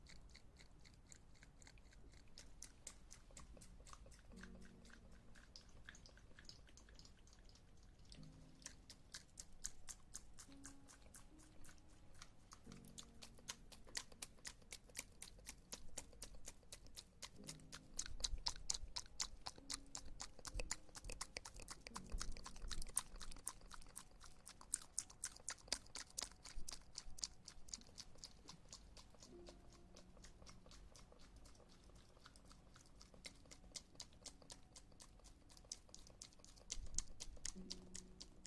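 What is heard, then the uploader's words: Eating with steady, rapid crunching clicks throughout, growing louder around 18 to 25 seconds, over brief low murmuring tones underneath. Ear Eating.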